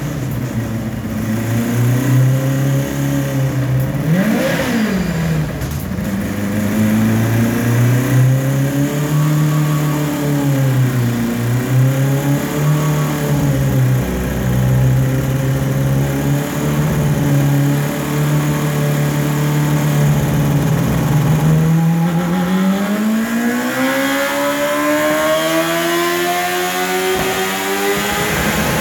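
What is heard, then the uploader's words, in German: A car engine runs on a dynamometer, its steady drone holding a low, wavering pitch that rises and falls gently. Around four seconds there is a brief rev spike, and from about twenty-two seconds the engine climbs steadily, the tone rising toward the end. 19er auf dem Rollenprüfstand.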